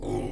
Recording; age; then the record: pig call; weaner (32 to 43 days)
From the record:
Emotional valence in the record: negative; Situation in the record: negative conditioning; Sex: female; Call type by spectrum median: low-frequency call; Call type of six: low-frequency stable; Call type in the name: low-frequency stable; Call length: 0.32 s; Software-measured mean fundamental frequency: 50 Hz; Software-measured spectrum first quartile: 157 Hz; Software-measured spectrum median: 329 Hz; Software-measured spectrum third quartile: 559 Hz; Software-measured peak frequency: 358 Hz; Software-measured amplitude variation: 101 dB a second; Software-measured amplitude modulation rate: 28.0 a second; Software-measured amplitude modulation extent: 3.6 dB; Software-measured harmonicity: 0.7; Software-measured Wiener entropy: -0.44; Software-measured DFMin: 1059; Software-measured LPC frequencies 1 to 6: 371, 787, 2180, 2968, 5310, 6479 Hz